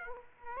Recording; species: mosquito wingbeat signal from an infrared sensor; Aedes aegypti